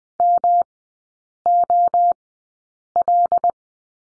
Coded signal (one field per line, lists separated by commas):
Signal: Morse code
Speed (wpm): 20 wpm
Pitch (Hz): 700 Hz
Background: none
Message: MOL